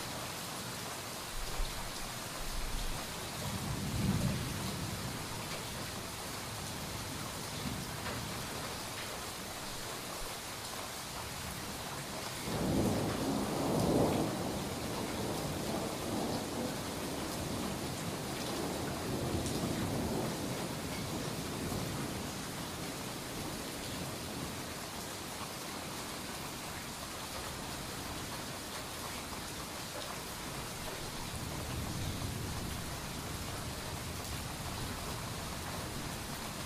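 Rain falls steadily through a thunderstorm, a dense, even hiss spread from low to bright that hardly changes. Low rumbles of thunder swell at about 4 and 13 seconds, with softer rolls near 20 and 32 seconds beneath the rain.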